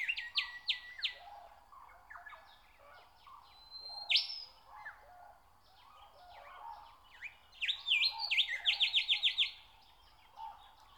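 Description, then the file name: Nightingale singing varied phrases: quick repeated chips, a long pure whistle, then a fast rattling series of high notes. "Nature Sounds - Song of the nightingale"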